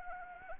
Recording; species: mosquito wingbeat signal from an infrared sensor; Anopheles arabiensis